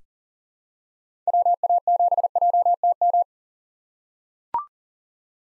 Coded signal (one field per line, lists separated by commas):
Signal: Morse code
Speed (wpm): 40 wpm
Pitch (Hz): 700 Hz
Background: none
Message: WA7JTM